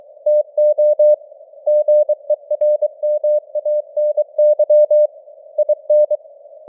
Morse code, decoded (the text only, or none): TO GERMANY IN